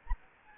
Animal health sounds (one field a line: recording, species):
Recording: mosquito wingbeat signal from an infrared sensor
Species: Anopheles arabiensis